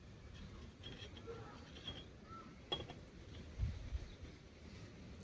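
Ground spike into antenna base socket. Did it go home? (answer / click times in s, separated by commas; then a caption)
no / none. A metal ground spike is pushed repeatedly against the sockets of an antenna base but will not go in. Creaks and mechanical knocks are heard, with a sharp knock at 2.7 s. Nothing has seated or clicked yet.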